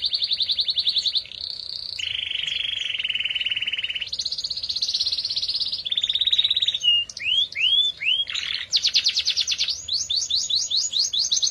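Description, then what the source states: Atlantic canary song: loud, steady high trills switching between rolled tours at different pitches, ending in a run of quick sweeping notes and a fast buzzy roll. F1 canary; therapy recording played to a canary that has stopped singing, to get it singing again.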